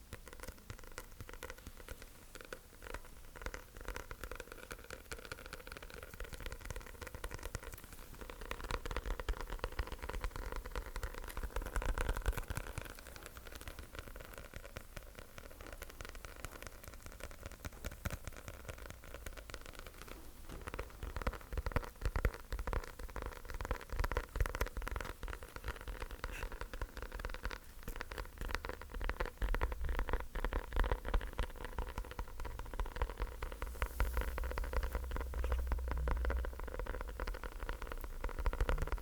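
Sticky tapping runs the whole time as a dense, rapid patter of small clicks, much like rain on a surface. It starts quieter and grows busier and louder after about twenty seconds, over a steady low rumble.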